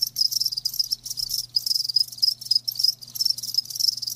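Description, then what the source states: Crickets give loud high chirps in quick repeated pulsed bursts, nearly a continuous trill; faint low hum behind. Live crickets chirping, a lulling song.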